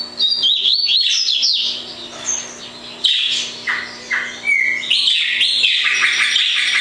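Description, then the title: Double-collared seedeater singing a fast, varied song of sliding high chirps and slurred notes, with brief pauses between bursts; a steady low hum underneath. "Canto Coleiro"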